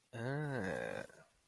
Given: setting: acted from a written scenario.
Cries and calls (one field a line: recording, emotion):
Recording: vocal sound without words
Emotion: disgust